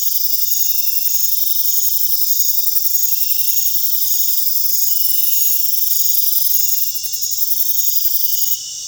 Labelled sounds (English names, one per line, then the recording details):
none
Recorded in pastures near Puerto Asís, Putumayo, Colombia, on 23 June 2025 at 20:30
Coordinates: 0.466, -76.322
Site GP07